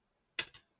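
A second plastic model kit part is pressed home into its mating part, giving a sharp click at 0.4 s followed by a softer second snap around 0.5 s. The part is seated and locked in place for good.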